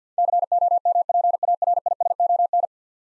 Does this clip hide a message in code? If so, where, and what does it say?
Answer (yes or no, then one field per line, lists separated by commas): yes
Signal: Morse code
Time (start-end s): 0.2-2.7 s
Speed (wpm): 50 wpm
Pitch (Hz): 700 Hz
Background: none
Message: COMPARISON